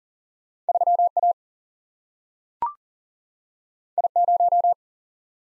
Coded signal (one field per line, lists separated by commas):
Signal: Morse code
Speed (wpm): 38 wpm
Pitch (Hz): 700 Hz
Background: none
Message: 3A I0